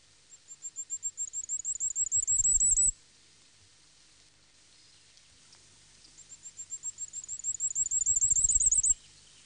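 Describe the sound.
Common firecrest song: a very high, thin series of rapid notes that grows louder, given twice with a pause between.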